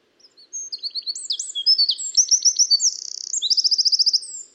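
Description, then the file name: Eurasian wren song, a vigorous burst of shrill whistles and rapid chips, with a dry rattling trill partway through and a ringing repeated-note trill before ending. "Troglodytes troglodytes"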